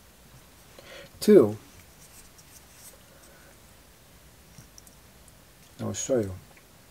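Someone talks while handling the second of two small folding knives, a Spyderco Grasshopper and a Gerber Paraframe, working its blade against the detent in the handle, a catch that snaps the blade into place but does not lock it. Between the bursts of speech, a few faint light ticks are heard around 4.8 to 5.3 seconds. Nothing has seated or clicked into the open position yet by the end of the clip.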